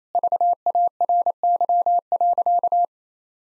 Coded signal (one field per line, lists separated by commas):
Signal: Morse code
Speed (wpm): 28 wpm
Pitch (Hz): 700 Hz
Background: none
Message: VARY.